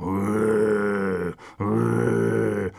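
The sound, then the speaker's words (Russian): A human voice imitates a bear growling at a hut in a fairy tale: two long, low, rough growls, loud and sustained, separated by a brief pause, with no other talk. “Пошел медведь к избушке и зарычал.”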